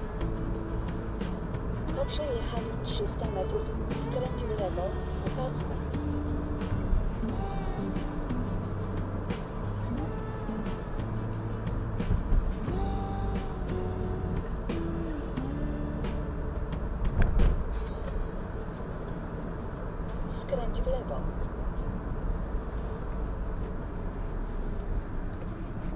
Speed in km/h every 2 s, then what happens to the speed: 43, 44, 43, 45, 47, 46, 43, 42, 43, 44, 46, 45, 34.
0-21 steady at about 44. 21-26 slows to 34.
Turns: none.